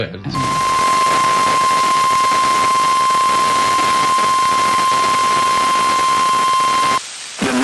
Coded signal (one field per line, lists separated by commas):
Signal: Emergency Alert System (SAME) tones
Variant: 1050 Hz attention tone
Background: speech, music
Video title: FLOOD RISK OF HIGH OF CHRISTMAS EVE... EAS Alerts From 12/24/25 - 12/25/25 (EAS#5,003 - 5,037)